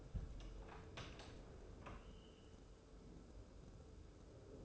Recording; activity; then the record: daily activity, microphone in the room; open door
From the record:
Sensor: 2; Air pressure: 1015.0 hPa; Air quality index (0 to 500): 115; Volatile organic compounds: 3 ppm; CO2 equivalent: 1468 ppm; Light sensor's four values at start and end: 13/35/14/15 and 13/35/14/15